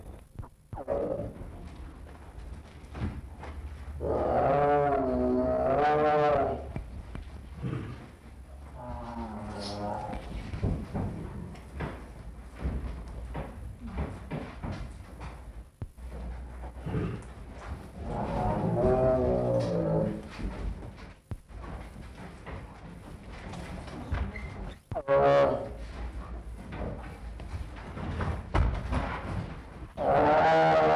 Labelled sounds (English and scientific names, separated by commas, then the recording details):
Tiger (Panthera tigris)
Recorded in captivity
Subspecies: tigirs
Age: adult
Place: Tierpark Berlin, Berlin, DE
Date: 1963-02-09 14:00
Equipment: Minifon, Kopie Smaragd
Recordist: Tembrock, Günter